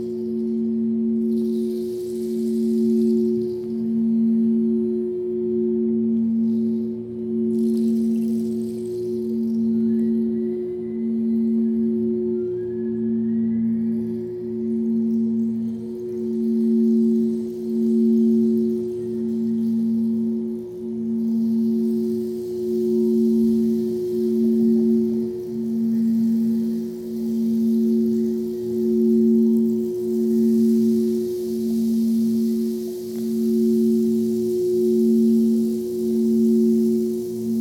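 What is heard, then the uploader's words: Crystal bowls sound a steady, low sustained tone with a higher ringing note held above it. The lower tone swells and fades in a regular pulse, roughly every 1.5 seconds, throughout. Faint airy hiss and a brief thin squeak near ten seconds sit in the background. Chrystal Bowls I recorded upstairs in the Integratron during a sleepover. Crystal Bowls - Integratron.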